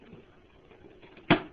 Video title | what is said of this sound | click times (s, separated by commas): How to replace the Samsung CLP-300 toner cartridges | a little snap on each side when | 1.3 s